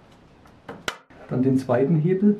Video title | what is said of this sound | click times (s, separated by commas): Die Mobile Kappsägenstation von Metabo Typ KSU 251. | and then it is extremely important that you push these two levers down until they click into place | 0.9 s